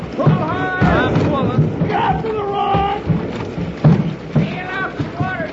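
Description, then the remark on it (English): A boat crashes through choppy water with a steady, broad rush of splashing and spray, while excited voices shout and whoop over the churning noise. “You sit right in the middle of the boat. Hang on tight.”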